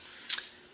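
After sealant is dabbed on the gaskets, the rubber grommet for the stator wires is pressed into its notch in a KLR650 motorcycle engine side cover. A single sharp, bright snap is heard at 0.3 s over a quiet background, and the grommet is seated in place.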